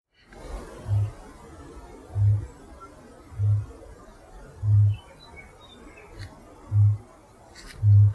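Kakapo booming: several deep, low resonant booms repeated over a steady background hiss.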